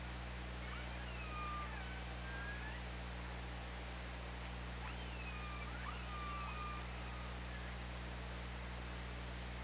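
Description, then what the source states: Orca calls, repeated squealing tonal calls with upsweeps and harmonics, some overlapping, over a steady low electrical hum and underwater hiss. Recorded on the OrcaLab hydrophone on 2017-08-24 at 13:13:14.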